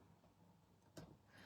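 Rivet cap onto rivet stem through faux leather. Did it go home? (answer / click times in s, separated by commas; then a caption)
yes / 1.0 s. A rivet cap is placed over the rivet stem on a faux leather bag and pressed down. It seats with a short, sharp click at 0.97 s, rising well above the quiet background. The rivet cap clicks into place.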